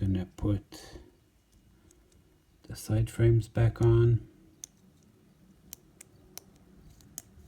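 Plastic side frames are being refitted onto the truck of an N scale Kato F3 New York Central locomotive during cleaning and lubrication, where a correct fit leaves no rolling resistance. Someone talks, then a few sharp, light ticks of handling are heard around 4.6, 5.7, 6.4 and 7.2 seconds against a quiet background. Nothing has seated or clicked into place yet.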